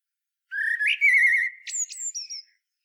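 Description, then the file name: Common blackbird sings one smooth, flute-like whistled phrase that slides up and down, followed by a few sharp, high squeaky notes. "Turdus merula"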